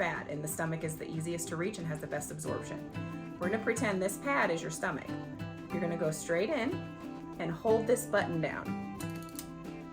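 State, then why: Seated. An insulin pen needle is pushed straight into a practice pad, and the dose button is held down while someone talks over background music. The pen gives a short, sharp click at 9.4 s, marking that the full dose has been delivered.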